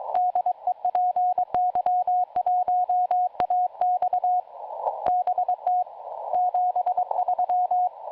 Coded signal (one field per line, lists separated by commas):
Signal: Morse code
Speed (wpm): 22 wpm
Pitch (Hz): 720 Hz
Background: radio noise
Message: DE PY1AX BT 73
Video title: PY2YD e PY1AX QSO RX SDR PARD.